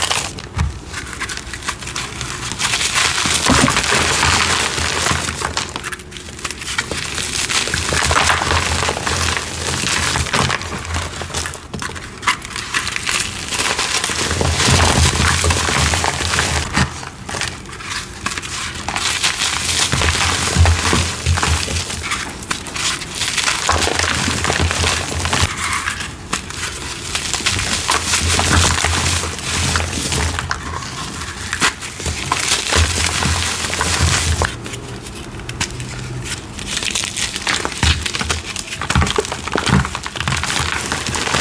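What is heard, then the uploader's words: Cornstarch and dyed gym chalk crumble and crunch almost without pause, a dense, gritty crackle full of small crisp snaps. Short quieter gaps fall every few seconds, and a soft low hum comes and goes beneath the crunching. Crispy, crunchy, flaky, gritty cornstarch crunchies and dyed gym chalk crumbling.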